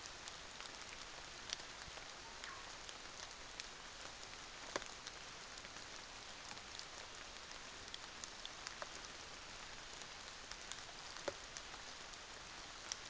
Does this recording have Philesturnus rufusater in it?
no